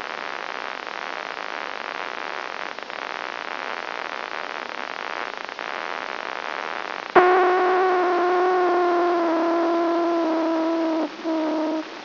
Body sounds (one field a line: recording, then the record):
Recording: brain microelectrode recording played as sound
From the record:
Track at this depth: outside the subthalamic nucleus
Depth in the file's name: 0.506 mm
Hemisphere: left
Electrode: 2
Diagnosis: Parkinson's disease